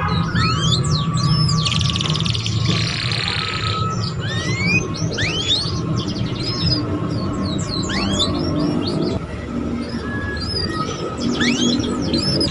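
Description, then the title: Belgian canary song: scattered quick whistled chirps and sweeping notes, a short buzzy burst near three seconds, over a constant low rumbling background hum. Belgian canary song played to warm up young canaries learning to sing, prompting them to start singing and chattering quickly. "Canto Para Esquentar Canário Belga. SUARA KENARI PAUD CUIT CUIT BELAJAR BUNYI - pancingan kenari paud muda agar cepat bunyi dan ngeriwik"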